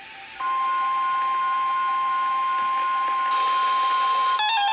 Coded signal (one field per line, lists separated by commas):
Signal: Emergency Alert System (SAME) tones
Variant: 1050 Hz attention tone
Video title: EAS #1394-#1397: New Place! | WXM71 & WXM72